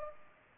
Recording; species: mosquito wingbeat signal from an infrared sensor; Culex pipiens